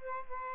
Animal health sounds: mosquito wingbeat signal from an infrared sensor; Aedes albopictus

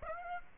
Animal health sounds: mosquito wingbeat signal from an infrared sensor; Aedes aegypti

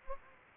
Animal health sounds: mosquito wingbeat signal from an infrared sensor; Anopheles gambiae

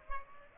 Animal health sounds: mosquito wingbeat signal from an infrared sensor; Culex pipiens

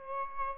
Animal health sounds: mosquito wingbeat signal from an infrared sensor; Aedes albopictus

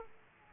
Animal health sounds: mosquito wingbeat signal from an infrared sensor; Aedes aegypti

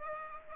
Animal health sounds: mosquito wingbeat signal from an infrared sensor; Aedes aegypti

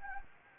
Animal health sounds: mosquito wingbeat signal from an infrared sensor; Anopheles gambiae

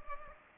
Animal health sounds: mosquito wingbeat signal from an infrared sensor; Culex pipiens

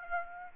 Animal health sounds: mosquito wingbeat signal from an infrared sensor; Aedes aegypti

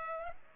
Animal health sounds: mosquito wingbeat signal from an infrared sensor; Culex pipiens

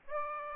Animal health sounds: mosquito wingbeat signal from an infrared sensor; Aedes aegypti

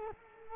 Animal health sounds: mosquito wingbeat signal from an infrared sensor; Culex quinquefasciatus

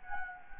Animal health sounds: mosquito wingbeat signal from an infrared sensor; Anopheles gambiae

